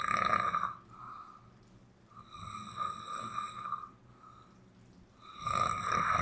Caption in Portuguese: 10 minutos de roncos e chuva poema material do poeta sonhante.